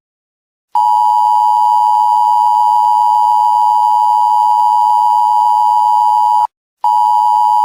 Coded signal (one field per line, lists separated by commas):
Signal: Emergency Alert System (SAME) tones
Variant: 853 and 960 Hz attention tone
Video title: Hatsune Miku: A Mini EAS Scenario